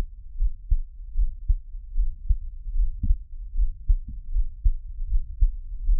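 Soft, deep thumps repeat at about 78 a minute in a steady lub-dub pattern under a low hum. It is an ordinary adult heartbeat, a person's own heartbeat offered as Taiwanese ASMR, recorded up close for relaxation listening.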